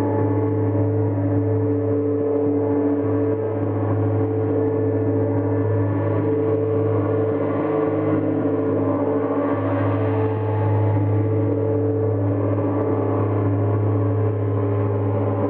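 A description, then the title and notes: A gong and singing bowl sustain a deep, steady hum, with strong low tones around a hundred and clear ringing tones higher up holding throughout. The sound is dense and unchanging at an even level, with a soft, shimmering wash drifting over it. This is the longer sound meditation, edited to include singing bowl, ocean drum, gong, and fire chimes.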